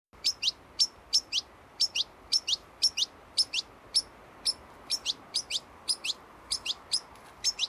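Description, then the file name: European goldfinch calling almost continuously with bright, thin, mostly paired chips. "Carduelis carduelis"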